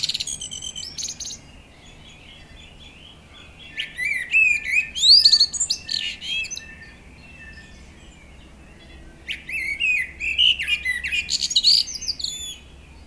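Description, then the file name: Common blackbird song with an opening high phrase, then two separate bursts of mellow whistles ending in thin, scratchy twitters, with quiet pauses between them. "Turdus merula"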